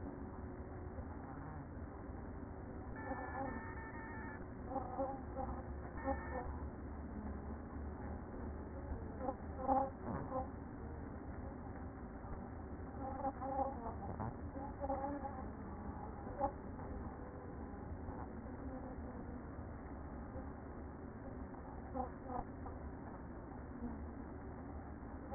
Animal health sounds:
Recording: honeybee colony, microphone inside the hive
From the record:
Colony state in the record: queen present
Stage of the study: after two queens were removed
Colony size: about 60,000 bees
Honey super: yes

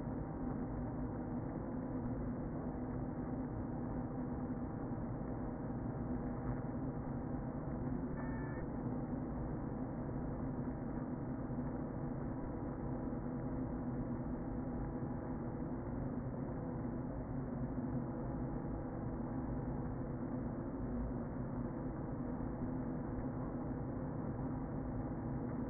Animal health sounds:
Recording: honeybee colony, microphone inside the hive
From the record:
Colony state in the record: queen present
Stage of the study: before two queens were removed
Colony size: about 60,000 bees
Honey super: yes

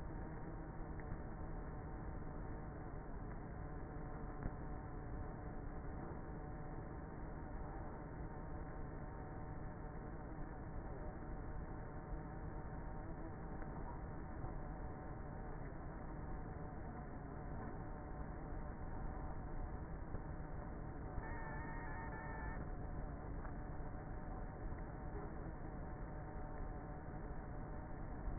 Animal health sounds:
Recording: honeybee colony, microphone inside the hive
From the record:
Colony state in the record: queenless with a low population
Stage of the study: before two queens were removed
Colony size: about 30,000 bees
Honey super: no

